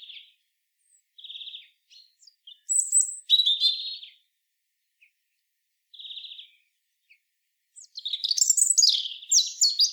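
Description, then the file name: European robin song: short thin notes and brief trills separated by pauses, a bright whistled phrase in the middle, and a fuller cascading phrase at the end. "Erithacus rubecula"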